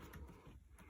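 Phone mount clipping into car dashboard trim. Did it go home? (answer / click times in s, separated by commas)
no / none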